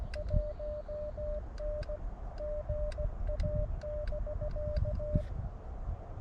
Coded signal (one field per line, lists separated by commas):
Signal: Morse code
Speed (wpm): 16 wpm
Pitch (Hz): 600 Hz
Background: none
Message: 1N GA<BK>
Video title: CW #POTA at K-7882 on February 16, 2023 - Elecraft KX2 Maiden Voyage & Read The Friggin’ Manual RTFM